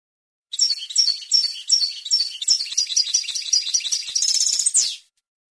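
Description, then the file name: European goldfinch giving a lively song of sharp twittering notes and tumbling phrases, finishing with a higher, rolling buzz. "suara burung chardonneret atau goldfinch eropa om kicau"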